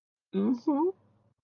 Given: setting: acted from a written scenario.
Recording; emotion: vocal sound without words; romantic love